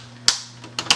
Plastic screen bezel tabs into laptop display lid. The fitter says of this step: Just gently push everything back in place. You should hear clicks